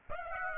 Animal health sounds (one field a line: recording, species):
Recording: mosquito wingbeat signal from an infrared sensor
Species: Aedes aegypti